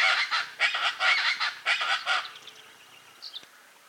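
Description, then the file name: Chaco chachalaca giving loud, harsh, raucous honking notes in quick pulsed bursts, fading out after about two seconds, with faint thin chirps afterwards. "charata voz"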